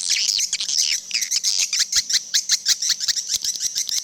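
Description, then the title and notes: Swiftlets twittering: rapid high chirps in quick bursts mixed with sharp dry clicks, a steady low hum underneath for the first few seconds. Swiftlet sounds used in swiftlet bird farming in Asia. "Swiflet Bird Sound. Farming Swiflet Bird asia sound"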